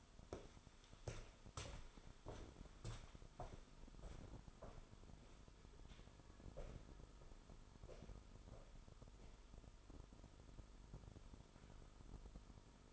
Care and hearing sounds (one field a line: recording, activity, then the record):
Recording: daily activity, microphone in the room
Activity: walk to room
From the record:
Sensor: 5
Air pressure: 988.3 hPa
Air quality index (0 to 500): 194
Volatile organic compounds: 62 ppm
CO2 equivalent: 3439 ppm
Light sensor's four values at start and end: 48/137/55/61 and 48/144/56/60